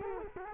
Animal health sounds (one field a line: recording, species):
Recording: mosquito wingbeat signal from an infrared sensor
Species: Culex quinquefasciatus